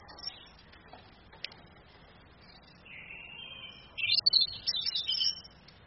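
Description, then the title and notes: Orange-headed thrush: a thin, steady whistle leads into a burst of rapid, high, jumbled twittering notes over background hiss. Female; used as a tutor recording to train other songbirds. "ANIS KEMBANG BETINA CAS DENGAN LAYAR HP. Masteran Anis Kembang"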